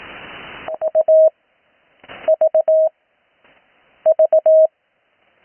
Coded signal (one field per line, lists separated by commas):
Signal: Morse code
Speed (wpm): 18 wpm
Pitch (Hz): 630 Hz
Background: none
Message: A V V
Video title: Morse code practice recorded live on 80m 19-08-2026